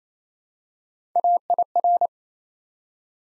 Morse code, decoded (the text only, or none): AIR